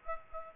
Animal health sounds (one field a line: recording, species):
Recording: mosquito wingbeat signal from an infrared sensor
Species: Aedes aegypti